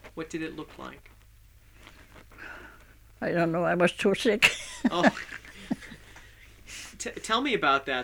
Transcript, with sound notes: What did it look like?
I don't know. I was too sick. (she laughs)
Oh. Tell me about that then.